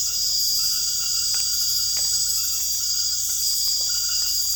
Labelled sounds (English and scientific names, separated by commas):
none